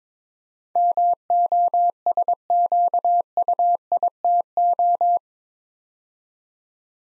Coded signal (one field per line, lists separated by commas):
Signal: Morse code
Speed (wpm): 22 wpm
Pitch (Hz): 700 Hz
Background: none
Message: MOSQUITO